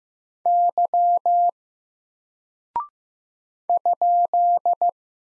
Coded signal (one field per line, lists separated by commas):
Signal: Morse code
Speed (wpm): 15 wpm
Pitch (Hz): 700 Hz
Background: none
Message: Y ?